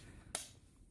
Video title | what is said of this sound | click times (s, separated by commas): Eddie Bauer Portable Collapsible Shovel review | and push it in straight until you hear a click all right so | 0.4 s